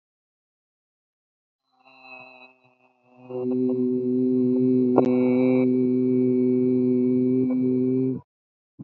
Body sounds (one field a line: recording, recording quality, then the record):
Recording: sustained vowel as in beet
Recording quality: excellent, no background noise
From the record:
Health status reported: healthy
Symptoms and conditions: cough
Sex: male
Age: 20 years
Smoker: not ticked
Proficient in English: yes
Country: India